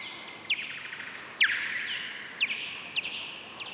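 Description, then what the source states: Common noctule mating call, slowed down: a few sharp downward-sweeping chirps at irregular intervals, over a faint steady tone and light background hiss. Mating call, played slowed down ten times; bat calling in an oak in Zuidhoorn.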